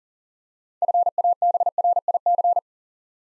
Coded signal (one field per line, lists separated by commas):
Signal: Morse code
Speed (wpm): 41 wpm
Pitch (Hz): 700 Hz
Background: none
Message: FABRIC